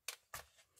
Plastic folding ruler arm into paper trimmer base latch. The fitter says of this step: bien au bras se ferment ou plutôt se clipse grâce à un petit ponton que